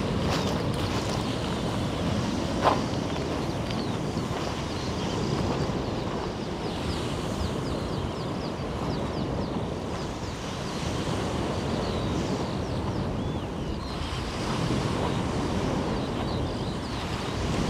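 Waves wash steadily along the coastline in a dense, even roar that stays nearly level throughout, with a low rumble of wind beneath. Faint bird chirps flicker above the surf, and a single sharp click stands out near the three-second mark.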